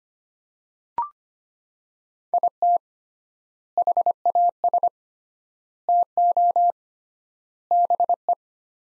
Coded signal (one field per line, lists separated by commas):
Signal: Morse code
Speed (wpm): 25 wpm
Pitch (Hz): 700 Hz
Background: none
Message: IT HAS TO BE